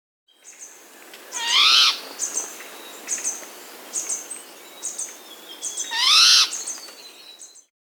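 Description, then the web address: Slaty-backed nightingale-thrush singing two loud, fluty phrases that swoop upward with rich overtones, about four and a half seconds apart, with thin high notes between them. Andes, South America. "Natures Songs S America Andean Birds. Slaty-Backed Nightingale-Thrush (Catharus Fuscater)"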